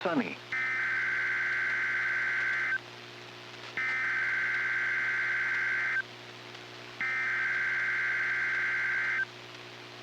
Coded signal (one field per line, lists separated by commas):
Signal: Emergency Alert System (SAME) tones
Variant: header bursts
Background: speech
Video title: EAS Child Abduction Emergency (Dangerous AMBER Alert!) Willson County, Tennessee NOAA Weather Radio